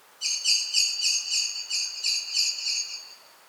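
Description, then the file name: Common blackbird with a rapid string of metallic chinks, about nine notes over roughly three seconds, fading at the end. "Turdus merula"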